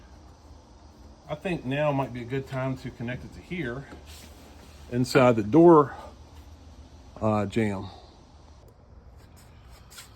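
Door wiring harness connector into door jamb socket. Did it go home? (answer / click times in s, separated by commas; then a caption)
no / none. Someone talks while handling the rear door wiring harness connector on a 2011 Ford F150, getting ready to push it into its mating socket at the door jamb, over a steady low background hum. Nothing has seated or clicked yet.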